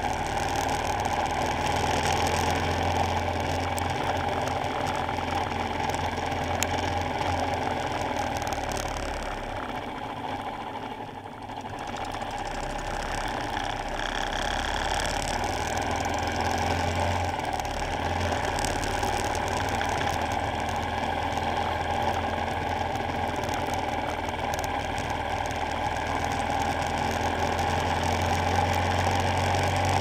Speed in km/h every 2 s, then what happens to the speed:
37, 37, 39, 34, 24, 19, 23, 26, 26, 35, 37, 34, 35, 39, 42.
0-5 steady at about 37. 5-9 brakes to 19. 10-18 speeds up to 35. 18-23 steady at about 35. 23-30 speeds up to 42.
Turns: 12-18.